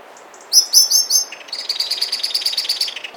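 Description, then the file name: Common blackbird calls: a few thin, high whistled notes, then a rapid, even chatter of sharp notes. "Turdus merula"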